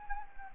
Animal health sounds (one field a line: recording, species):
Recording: mosquito wingbeat signal from an infrared sensor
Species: Anopheles gambiae